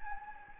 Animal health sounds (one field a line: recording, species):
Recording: mosquito wingbeat signal from an infrared sensor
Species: Anopheles gambiae